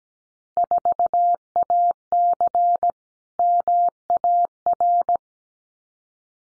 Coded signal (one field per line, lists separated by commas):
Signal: Morse code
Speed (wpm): 17 wpm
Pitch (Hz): 700 Hz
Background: none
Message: 4AC MAR